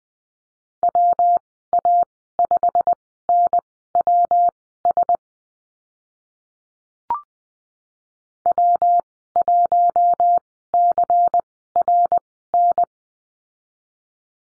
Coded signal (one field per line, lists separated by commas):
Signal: Morse code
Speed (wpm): 20 wpm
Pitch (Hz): 700 Hz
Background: none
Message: WA5NWS W1CRN